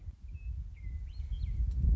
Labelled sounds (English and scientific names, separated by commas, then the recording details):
Western Meadowlark (Sturnella neglecta)
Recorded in Sonoma County, California